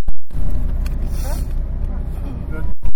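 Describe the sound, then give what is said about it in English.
A voice imitates a remote control car motor with a steady, buzzing drone and brief rising whine-like sweeps, fairly loud throughout with a short drop near the start. “And then did you hear me do the remote control car?”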